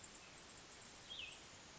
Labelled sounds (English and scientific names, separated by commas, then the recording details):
Cassin's Vireo (Vireo cassinii)
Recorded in Sonoma County, California